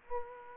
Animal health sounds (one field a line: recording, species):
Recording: mosquito wingbeat signal from an infrared sensor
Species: Aedes aegypti